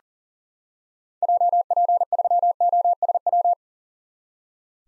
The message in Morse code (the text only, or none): JP3OSW